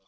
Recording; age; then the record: pig call; piglet (1 to 25 days)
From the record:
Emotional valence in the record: positive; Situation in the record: reunion after long isolation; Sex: male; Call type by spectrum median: low-frequency call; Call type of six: low-frequency tonal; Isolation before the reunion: 8 minutes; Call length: 0.07 s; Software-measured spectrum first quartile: 578 Hz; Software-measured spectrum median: 2015 Hz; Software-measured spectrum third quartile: 4257 Hz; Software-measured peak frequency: 3495 Hz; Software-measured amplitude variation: 35 dB a second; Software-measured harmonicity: 1.8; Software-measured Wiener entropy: -1.77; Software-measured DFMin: 978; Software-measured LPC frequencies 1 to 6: 570, 1156, 2523, 3476, 4550, 5400 Hz